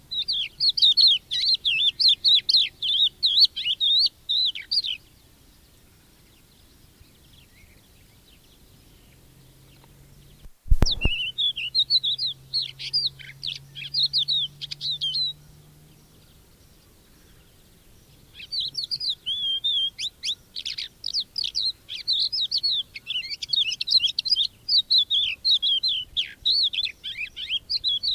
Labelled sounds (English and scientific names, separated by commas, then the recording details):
Crested Lark (Galerida cristata)
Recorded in the wild
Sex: male
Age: adult
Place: Erlangen, OT Schallershof, Bayern, DE
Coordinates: 49.5792, 10.9736
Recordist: Tretzel, Erwin